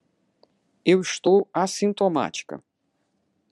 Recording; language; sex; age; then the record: short text; Brazilian Portuguese; female; 70 to 79 years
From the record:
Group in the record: control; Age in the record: 71 years